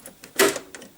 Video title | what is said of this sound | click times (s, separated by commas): R129 Headlight Bezel Replacement for Mercedes 300SL, 320SL, 500SL or 600SL | and we're going to just squeeze it in and this should just clamp on you should just hear a click | 0.8 s